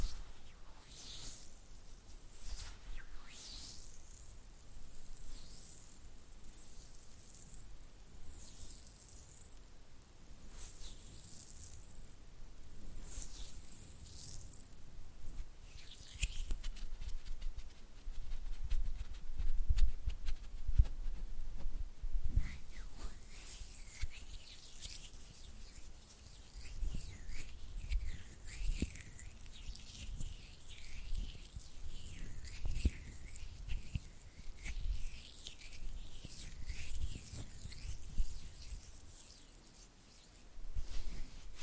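Oily hand sounds and fluttering fingers make wet, slippery rustles with many fast little ticks and smacks. The texture stays dense throughout, hissy and bright up high, with soft low rubbing thumps that grow heavier after about sixteen seconds before easing near the end.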